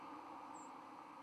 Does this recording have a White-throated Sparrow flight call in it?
yes